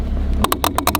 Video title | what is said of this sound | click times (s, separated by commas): Doing This to Your Gas Cap Will Make Your Engine Run Like New Again | till it clicks and then Clos it | 0.4 s, 0.5 s, 0.6 s, 0.8 s, 0.9 s